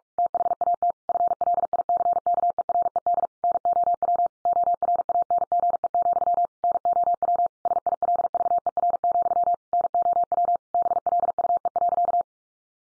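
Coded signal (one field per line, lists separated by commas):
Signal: Morse code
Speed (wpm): 44 wpm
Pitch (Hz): 700 Hz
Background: none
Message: THAT FLICKERED NOW ORANGE, NOW SILVER, NOW BLUE.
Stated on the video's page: Morse head-copy sentence practice drill at 45 wpm.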